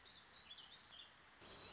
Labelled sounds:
Warbling Vireo
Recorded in Sonoma County, California

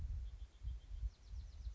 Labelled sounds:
Bewick's Wren
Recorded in Sonoma County, California

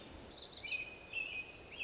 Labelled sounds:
American Robin
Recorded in Sonoma County, California

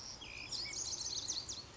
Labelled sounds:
Lazuli Bunting
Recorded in Sonoma County, California

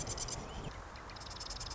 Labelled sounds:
Marsh Wren
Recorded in Sonoma County, California

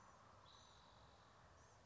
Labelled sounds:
Spotted Towhee
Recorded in Sonoma County, California

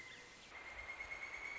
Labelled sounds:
Pileated Woodpecker
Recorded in Sonoma County, California

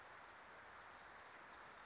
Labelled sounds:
Wilson's Warbler
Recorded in Sonoma County, California

